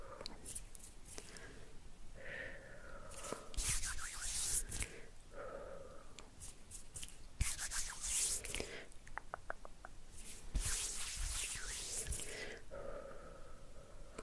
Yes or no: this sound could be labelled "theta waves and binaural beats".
no